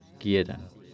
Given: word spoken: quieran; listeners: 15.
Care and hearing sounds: one Spanish word in noise, from a listening test; eight-talker babble; 24.2 dB; 0 of 15; 13 of 15; 0.54 s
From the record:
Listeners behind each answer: 13, 1, 1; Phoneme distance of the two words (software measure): 7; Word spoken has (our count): 2 syllables, 6 phonemes, stress on syllable 1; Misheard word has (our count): 2 syllables, 5 phonemes, stress on syllable 1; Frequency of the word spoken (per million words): 13.21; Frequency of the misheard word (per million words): 38.09

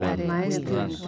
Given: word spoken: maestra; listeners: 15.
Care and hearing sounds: one Spanish word in noise, from a listening test; four-talker babble; -2.7 dB; 0 of 15; 6 of 15; 0.68 s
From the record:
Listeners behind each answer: 6, 5, 1, 1, 1, 1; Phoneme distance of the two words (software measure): 17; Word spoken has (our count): 3 syllables, 7 phonemes, stress on syllable 2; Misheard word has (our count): 3 syllables, 8 phonemes, stress on syllable 2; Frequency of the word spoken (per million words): 17.21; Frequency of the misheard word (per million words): 35.91

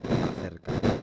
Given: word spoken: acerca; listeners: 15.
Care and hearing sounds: one Spanish word in noise, from a listening test; noise modulated by one talker; -8.5 dB; 4 of 15; 6 of 15; 0.63 s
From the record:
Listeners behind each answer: 6, 4, 4, 1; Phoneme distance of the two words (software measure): 7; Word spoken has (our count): 3 syllables, 6 phonemes, stress on syllable 2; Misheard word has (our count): 3 syllables, 7 phonemes, stress on syllable 3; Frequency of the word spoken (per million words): 115.35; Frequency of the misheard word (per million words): 5.51

